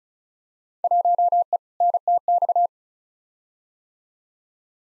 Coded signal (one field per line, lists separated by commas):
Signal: Morse code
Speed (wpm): 34 wpm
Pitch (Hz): 700 Hz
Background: none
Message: 1E NTX